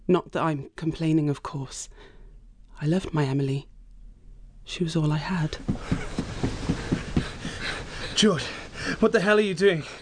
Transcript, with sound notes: Not that I'm not complaining of course. I loved my Emily. She was all I had…
(WE HEAR RUNNING THROUGH THICK WOODS FOR A FEW SECONDS BEFORE IT STOPS) (panting) George! What the hell are you doing?